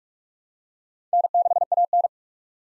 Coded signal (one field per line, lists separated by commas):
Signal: Morse code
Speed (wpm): 48 wpm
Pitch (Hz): 700 Hz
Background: none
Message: N6AN